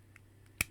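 A plastic wing piece with a notched tab is pushed into the clip on the back of an action figure, and it seats with a sharp, loud snap at 0.6 s. A faint click comes earlier at 0.2 s over a low steady hum.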